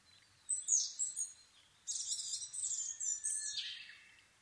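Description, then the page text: Asian brown flycatcher delivering a short twitter, then a longer sweeping phrase of high trills and chirps that drops in pitch at the end. Nikko, Japan, 26 April 2011 at 4:39, altitude 730 m; Sony PCM-D50 recorder with Panasonic WM-61A microphone. "kosamebitaki-20110426-0439. Muscicapa dauurica [Sounds -Nikko Today-]. 4/ 26 2011, 4:39 alt=730m"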